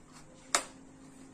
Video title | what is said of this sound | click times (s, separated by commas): mastela 6in1 Deluxe Multi Functional Bassinet Assembling | simple यय lock हो गया इसके | 0.5 s